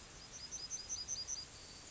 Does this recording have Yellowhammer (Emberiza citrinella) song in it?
yes